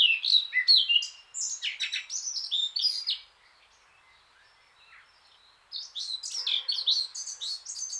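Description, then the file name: Eurasian blackcap song: a burst of lively whistles and chatter, then near silence for about two seconds, then another rapid, high twittering phrase. "Sylvia atricapilla"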